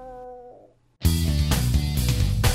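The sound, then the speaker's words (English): A voice imitates a cat in heat, letting out a loud, harsh, sustained yowl that wavers and pulses. It follows a brief soft tone and a moment of silence. “What is that sound? My cat's in heat.”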